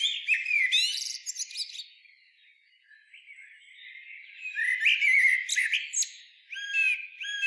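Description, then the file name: Common blackbird song: twittering high notes over a fluted phrase, then a soft lull. Louder mellow whistles follow, with squeaky ends. "Turdus merula"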